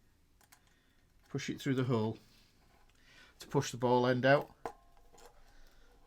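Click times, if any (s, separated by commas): 4.7 s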